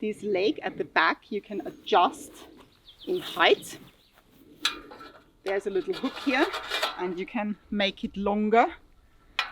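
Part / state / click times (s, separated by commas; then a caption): locking hook on an adjustable ladder leg / seated / 9.4 s. A woman talks while extending the adjustable rear leg of a tripod gardening ladder, and metallic clinks are heard between her words. At 9.4 s the released metal locking hook springs back with a sharp click and locks the leg in place.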